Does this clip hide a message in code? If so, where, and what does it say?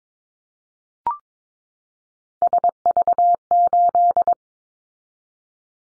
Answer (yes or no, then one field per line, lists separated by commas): yes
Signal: Morse code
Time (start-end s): 2.4-4.3 s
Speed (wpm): 22 wpm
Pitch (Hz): 700 Hz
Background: none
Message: SV8